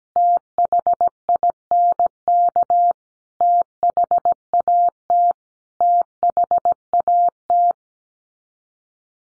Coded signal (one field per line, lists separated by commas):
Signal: Morse code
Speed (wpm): 17 wpm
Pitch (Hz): 700 Hz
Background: none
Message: THINK THAT THAT